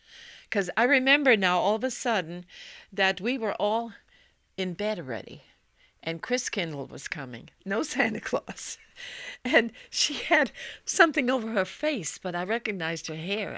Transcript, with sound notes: Because I remember now all of a sudden that we were all in bed already, and Kris Kindel was coming. No Santa Claus. ( she laughs ) And she had something over her face, but I recognized her hair.